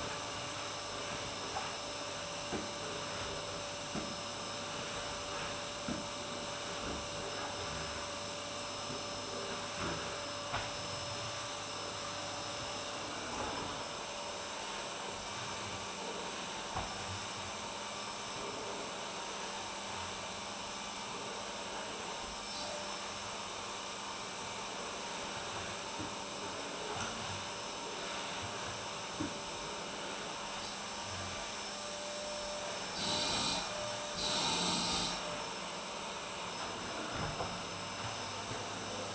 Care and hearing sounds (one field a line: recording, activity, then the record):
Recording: daily activity, microphone in the room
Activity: vacuum cleaning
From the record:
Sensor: 2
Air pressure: 1007.5 hPa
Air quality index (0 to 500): 32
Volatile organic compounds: 1 ppm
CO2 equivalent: 520 ppm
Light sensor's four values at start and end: 7/15/6/6 and 7/16/6/6